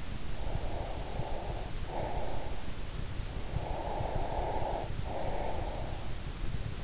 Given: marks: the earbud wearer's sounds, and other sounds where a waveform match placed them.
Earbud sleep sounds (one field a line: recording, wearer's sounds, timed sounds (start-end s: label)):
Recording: sounds in sleep by an in-ear microphone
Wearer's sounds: breath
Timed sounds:
0.38-2.64 s: breath
3.36-6.12 s: breath